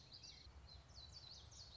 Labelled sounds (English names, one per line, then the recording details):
Common Yellowthroat
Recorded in Sonoma County, California